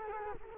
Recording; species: mosquito wingbeat signal from an infrared sensor; Culex quinquefasciatus